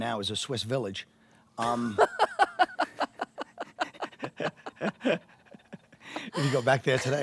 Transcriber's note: soundbite of laughter